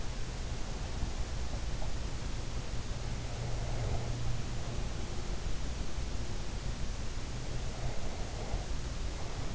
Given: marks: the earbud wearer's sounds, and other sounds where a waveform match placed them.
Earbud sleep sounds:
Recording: sounds in sleep by an in-ear microphone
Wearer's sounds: breath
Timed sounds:
3.48-4.99 s: breath
7.86-9.54 s: breath

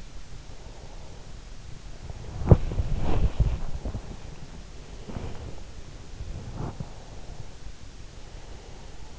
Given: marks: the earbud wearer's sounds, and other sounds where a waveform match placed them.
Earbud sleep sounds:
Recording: sounds in sleep by an in-ear microphone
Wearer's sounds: breath, body movement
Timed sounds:
0.43-2.92 s: breath
2.10-4.10 s: body movement
3.76-5.60 s: breath
6.48-9.19 s: breath

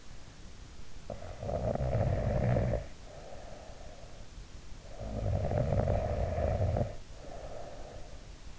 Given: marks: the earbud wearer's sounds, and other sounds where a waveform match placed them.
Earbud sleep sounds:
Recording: sounds in sleep by an in-ear microphone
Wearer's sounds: snoring breath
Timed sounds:
0.70-4.10 s: snoring breath
4.63-8.10 s: snoring breath

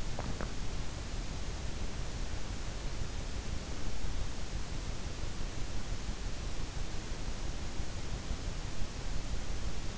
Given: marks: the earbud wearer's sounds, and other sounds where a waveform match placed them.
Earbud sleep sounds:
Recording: sounds in sleep by an in-ear microphone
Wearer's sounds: swallowing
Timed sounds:
0.00-0.76 s: swallowing

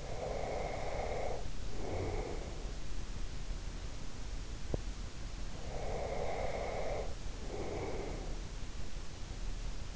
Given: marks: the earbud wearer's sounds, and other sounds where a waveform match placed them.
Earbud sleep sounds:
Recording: sounds in sleep by an in-ear microphone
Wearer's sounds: breath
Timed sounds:
0.00-2.88 s: breath
5.57-8.77 s: breath

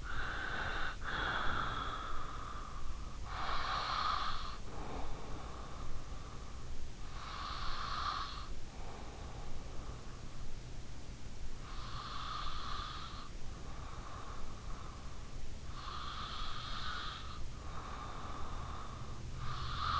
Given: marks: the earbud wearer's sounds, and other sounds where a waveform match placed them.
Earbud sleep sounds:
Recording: sounds in sleep by an in-ear microphone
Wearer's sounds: breath, snoring breath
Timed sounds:
0.00-19.40 s: breath
19.40-20.00 s: snoring breath

